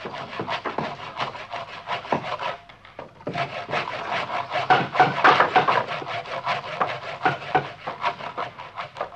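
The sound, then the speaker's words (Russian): In the film Тени исчезают в полдень, a woman saws a wooden board on a roof with a hand saw, rasping steadily in quick, repeated back-and-forth strokes, with a brief pause early on before the scratchy cutting resumes and grows slightly louder. “Другая женщина пилит ее.”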